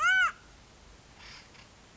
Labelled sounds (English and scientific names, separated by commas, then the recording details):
Acorn Woodpecker (Melanerpes formicivorus)
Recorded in Sonoma County, California